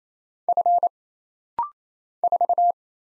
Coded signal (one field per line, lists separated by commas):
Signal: Morse code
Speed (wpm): 27 wpm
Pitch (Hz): 700 Hz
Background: none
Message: F 4